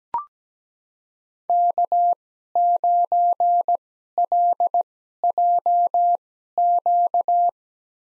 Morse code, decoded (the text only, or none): K9LJQ